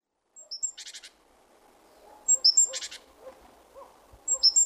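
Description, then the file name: Great tit calls: thin high whistled notes each followed by a short buzzy, rattling churr of four or five pulses, repeated three times over a quiet background hiss. "Parus major"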